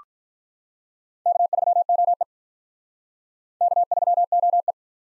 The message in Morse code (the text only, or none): K3OE K3OE